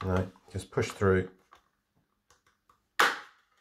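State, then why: Seated. Someone talks while the coffee outlet nozzle assembly pieces are pushed through the front of a Neff built-in coffee machine during reassembly, with a few faint small knocks in between. A sharp, loud hit at 3.0 s marks the part locking into place; it can still be pulled back out.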